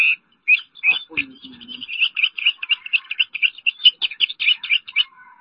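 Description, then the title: Oriental magpie-robin song: a fast series of short, sweet chirping notes repeated many times, with a brief low rough note near the start. Song (kicauan). "Suara Kicauan Burung Kacer Durasi Panjang"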